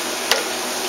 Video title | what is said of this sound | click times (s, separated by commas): qs-steerable-nose-gear.wmv | you hear it snap in place | 0.3 s